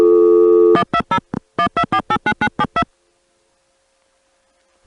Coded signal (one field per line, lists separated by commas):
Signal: DTMF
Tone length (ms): 70 ms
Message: 120 12489972